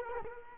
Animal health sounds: mosquito wingbeat signal from an infrared sensor; Culex quinquefasciatus

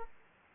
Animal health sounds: mosquito wingbeat signal from an infrared sensor; Aedes aegypti

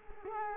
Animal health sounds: mosquito wingbeat signal from an infrared sensor; Culex quinquefasciatus

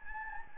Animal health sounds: mosquito wingbeat signal from an infrared sensor; Anopheles gambiae

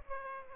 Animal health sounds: mosquito wingbeat signal from an infrared sensor; Aedes aegypti

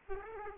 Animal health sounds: mosquito wingbeat signal from an infrared sensor; Aedes aegypti

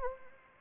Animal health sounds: mosquito wingbeat signal from an infrared sensor; Anopheles arabiensis

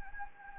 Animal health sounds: mosquito wingbeat signal from an infrared sensor; Anopheles gambiae

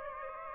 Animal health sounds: mosquito wingbeat signal from an infrared sensor; Aedes aegypti

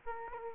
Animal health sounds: mosquito wingbeat signal from an infrared sensor; Aedes aegypti

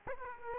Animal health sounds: mosquito wingbeat signal from an infrared sensor; Aedes aegypti

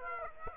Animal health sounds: mosquito wingbeat signal from an infrared sensor; Aedes aegypti

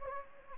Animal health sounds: mosquito wingbeat signal from an infrared sensor; Anopheles gambiae

